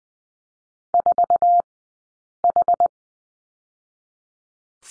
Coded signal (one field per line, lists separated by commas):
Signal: Morse code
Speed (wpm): 20 wpm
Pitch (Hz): 700 Hz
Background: none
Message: 4H